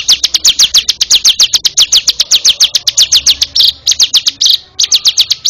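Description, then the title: Bar-winged prinia song: a fast, loud series of many sharp, high down-slurred notes. "Suara Burung Ciblek"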